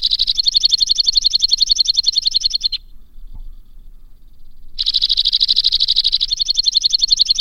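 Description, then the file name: White-winged crossbill singing a dense, fast rattling trill nearly three seconds long, a pause of about two seconds, then another trill. "suara-kicauan-burung-white-winged-crossbill 2-omkicau"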